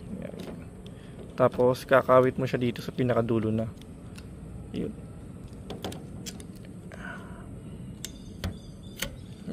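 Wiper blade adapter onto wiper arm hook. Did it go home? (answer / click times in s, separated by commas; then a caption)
yes / 8.0 s. Someone talks while hooking the plastic adapter of a Bosch AeroTwin wiper blade onto the end of the wiper arm on a Hyundai Kona and pushing it until it snaps. Several small taps and ticks are heard, then a sharp snap at 8.1 s as the adapter locks onto the arm hook, seated.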